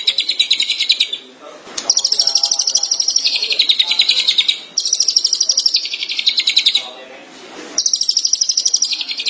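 Shrike song with several extended, fast, high-pitched buzzy trills broken by brief gaps.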